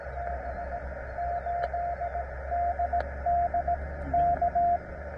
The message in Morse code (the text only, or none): B 8 DD K